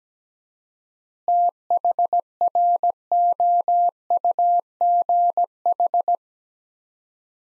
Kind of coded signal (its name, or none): Morse code